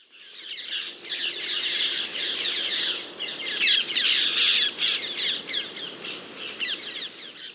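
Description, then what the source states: Parakeets calling: a dense, continuous chorus of harsh, shrill screeches from many birds, swelling in bursts, with no other clear sounds. Flock flying into its evening roost; said to sound tropical or subtropical, unusual to listeners not from the region.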